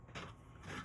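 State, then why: Not seated. A plastic back panel is handled and fitted onto the base of a 3D-printed console case. Soft scraping and rubbing sounds build up over the short clip, with no sharp impact. Nothing has seated or clicked yet.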